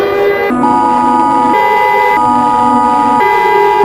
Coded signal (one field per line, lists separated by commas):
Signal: Emergency Alert System (SAME) tones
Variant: 853 and 960 Hz attention tone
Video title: EAS: SCP 001 (Remastered)